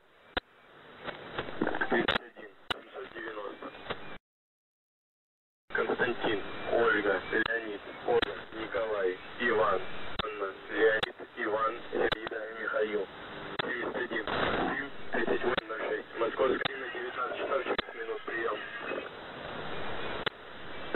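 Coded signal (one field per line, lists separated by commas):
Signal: coded military voice message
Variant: The Pip, Russian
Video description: "The Pip" is a Russian military station that broadcasts on 5448 kHz at daytime and 3756 kHz at nighttime.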